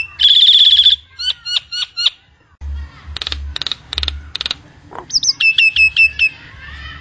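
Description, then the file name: Nias hill myna song: a loud whistled note, then a mix of sharp clicks, pure whistles and rapid repeated upslurred notes, with a low hum underneath. Master song recording used to train cage birds. "suara burung jalak nias pemaster omkicau"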